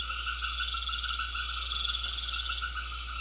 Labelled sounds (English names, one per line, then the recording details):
none
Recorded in secondary vegetation near Puerto Asís, Putumayo, Colombia, on 4 March 2025 at 20:00
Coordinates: 0.500, -76.326
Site GP04